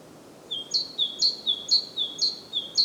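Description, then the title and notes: Great tit song with a lower note leading into repeated two-part phrases, high then falling, delivered evenly about twice per second; soft background noise. Recorded at Głodówka, Žilina Region, Slovakia, with a Zoom F3 recorder and Usi Pro microphones. "Głodówka, Kraj żyliński, Słowacja - Great voice of a great tit. Recordist: Maciej Wirmański"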